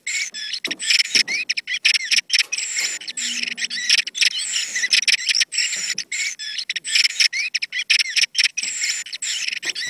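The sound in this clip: Thrush song: dense, continuous tangle of high whistled and warbled phrases, rising and falling notes overlapping throughout with brief choppy gaps, a low hum briefly underneath.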